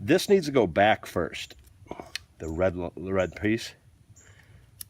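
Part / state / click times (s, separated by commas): red locking tab on seat switch wiring connector / released / 4.8 s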